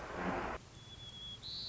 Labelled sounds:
White-crowned Sparrow (Zonotrichia leucophrys)

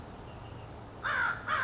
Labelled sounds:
American Crow (Corvus brachyrhynchos)

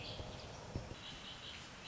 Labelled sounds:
Red-winged Blackbird (Agelaius phoeniceus)

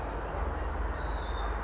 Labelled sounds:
Brown Creeper (Certhia americana)

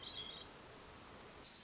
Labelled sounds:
Hermit Thrush (Catharus guttatus)

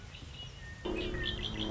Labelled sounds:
Red-winged Blackbird (Agelaius phoeniceus)

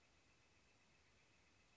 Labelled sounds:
Northern Flicker (Colaptes auratus)

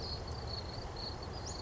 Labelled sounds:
Western Flycatcher (Empidonax difficilis)

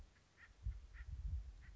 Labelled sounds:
Acorn Woodpecker (Melanerpes formicivorus)

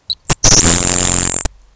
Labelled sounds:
Grasshopper Sparrow (Ammodramus savannarum)

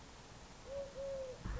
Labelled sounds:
Eurasian Collared Dove (Streptopelia decaocto)

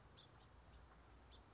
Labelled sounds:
House Finch (Haemorhous mexicanus)

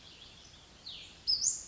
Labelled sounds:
Cassin's Vireo (Vireo cassinii)

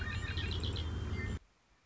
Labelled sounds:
Red-winged Blackbird (Agelaius phoeniceus)

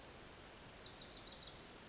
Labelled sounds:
Wilson's Warbler (Cardellina pusilla)

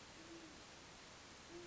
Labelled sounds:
Great Horned Owl (Bubo virginianus)

